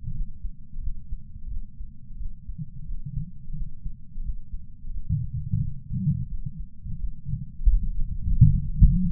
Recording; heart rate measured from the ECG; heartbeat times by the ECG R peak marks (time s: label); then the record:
heart sounds by patch sensor on the chest; 88 bpm
0.13 s: heartbeat
0.80 s: heartbeat
1.48 s: heartbeat
2.17 s: heartbeat
2.85 s: heartbeat
3.54 s: heartbeat
4.22 s: heartbeat
4.91 s: heartbeat
5.60 s: heartbeat
6.28 s: heartbeat
6.97 s: heartbeat
7.65 s: heartbeat
8.34 s: heartbeat
9.03 s: heartbeat
From the record:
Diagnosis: coronary artery disease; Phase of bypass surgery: postoperative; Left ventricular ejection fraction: 48.9%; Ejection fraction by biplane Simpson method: 50.6%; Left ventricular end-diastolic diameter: 48 mm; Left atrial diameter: 31 mm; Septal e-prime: 7.6 cm/s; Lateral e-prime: 9.6 cm/s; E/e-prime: 6.6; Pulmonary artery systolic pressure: 23 mmHg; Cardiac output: 5.5 L/min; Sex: male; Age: 60 years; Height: 174 cm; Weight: 72 kg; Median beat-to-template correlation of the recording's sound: 0.83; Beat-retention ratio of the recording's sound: 0.99